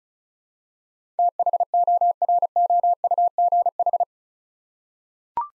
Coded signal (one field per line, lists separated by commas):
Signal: Morse code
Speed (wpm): 34 wpm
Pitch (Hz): 700 Hz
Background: none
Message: THOROUGH